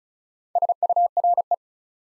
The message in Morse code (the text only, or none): SURE